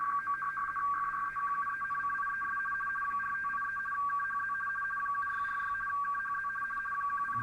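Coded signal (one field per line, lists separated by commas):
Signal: RTTY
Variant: weather synoptic code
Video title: Airspy HF+ with wellbrook ala-1530 decoding rtty weathercode using virtual audio cable to jvcomm 32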